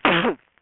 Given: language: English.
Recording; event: throat vibration sensor signal played as sound; cough